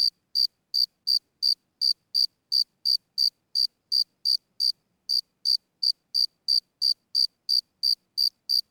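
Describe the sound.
Cricket chirping: clean, shrill pulses repeated evenly about three times a second, with one short pause midway and no other sounds.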